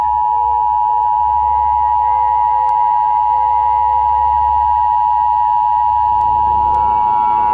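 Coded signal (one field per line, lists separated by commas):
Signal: Emergency Alert System (SAME) tones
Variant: 853 and 960 Hz attention tone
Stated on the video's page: Simulated real-time Emergency Alert System broadcast, a fictional nuclear war scenario.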